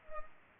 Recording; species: mosquito wingbeat signal from an infrared sensor; Culex pipiens